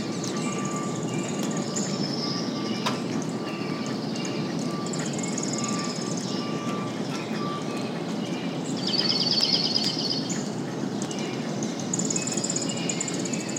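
Songbirds chirp and trill over a steady low rumble of rolling thunder and light rain. Bird calls come in bursts, most prominently a rapid high trill around nine to ten seconds and again near twelve. A faint steady tone persists underneath throughout.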